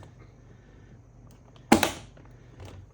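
A memory module is pressed home at its other end in a motherboard DIMM slot, and the second retention clip snaps shut with a sharp click at 1.7 s, followed by a quick second tick just after. The module is confirmed seated, and a faint rustle follows.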